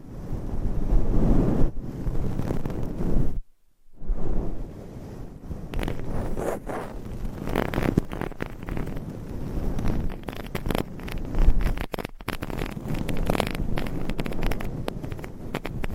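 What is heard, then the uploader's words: Mic scratching and brushing fills the clip with dense, rough rustling, loudest in the first few seconds. A near-silent gap falls around 3.5 seconds, then the scratching returns as quicker, sharper strokes with frequent bright scrapes, and another brief dropout comes near 12 seconds. ASMR Mic Scratching - Brain Scratching & Brushing Hypnotic Asmr No Talking.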